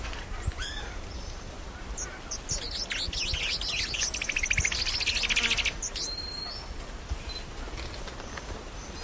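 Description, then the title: Tepui brush finch delivers a lively, high-pitched run of quick chips and buzzy trills lasting about three seconds, with a soft low rumble beneath. "LuckyPassaro Completos2Sama. Tepui Brush Finch (Atlapetes personatus)"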